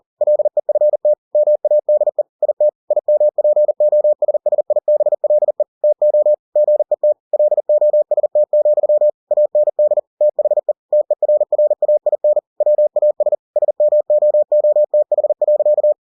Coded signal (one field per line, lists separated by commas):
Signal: Morse code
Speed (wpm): 40 wpm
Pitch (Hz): 600 Hz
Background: none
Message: LEFT MADE IT IMPOSSIBLE TO GET LOST, AND THE TERRAIN WAS SMOOTH.